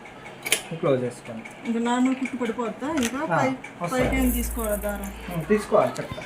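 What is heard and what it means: A bobbin case is pushed into a sewing machine's hook assembly until it locks, giving a small, sharp click at 0.5 seconds. Someone talks through the rest of the clip. The bobbin case is seated in the hook.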